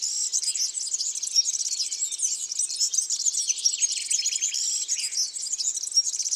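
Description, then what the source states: European serin song: a continuous, very high, rapid jangling trill of tinkling and buzzy notes, sustained throughout without pause. Among garden birds.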